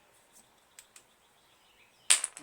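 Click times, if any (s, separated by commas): none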